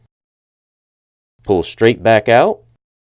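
A new wax filter on its applicator tip is being fitted into the receiver opening of a rechargeable hearing aid. Someone talks over about a second of speech with a low steady hum. Nothing has seated or clicked yet.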